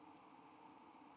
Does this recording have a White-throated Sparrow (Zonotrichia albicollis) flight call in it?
no